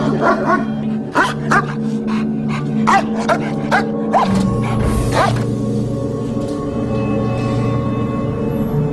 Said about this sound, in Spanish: La noche, la sensación de la rutina militar, y de repente en el escuadrón de vigilancia aérea número 4, perímetro perfectamente vigilado, los perros ladran, la sensación del miedo, y algo se aproxima.